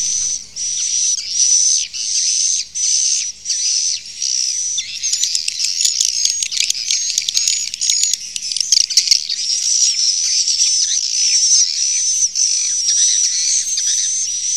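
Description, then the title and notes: Swiftlet calls: evenly spaced buzzy chirps at first, then a denser, rapid twitter of shrill clicks and whistled notes continuing to the end. Used in swiftlet farming in Asia. "Swiflet Bird Sound. Farming Swiflet Bird asia sound"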